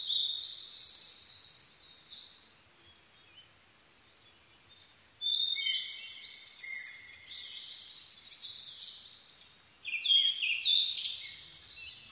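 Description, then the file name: Blue-and-white flycatcher song: long sequence of varied whistled phrases, high and thin notes mixed with lower slurs, in three loud spells. Recorded 22 May 2011 at 04:34. "ooruri-20110522-0434"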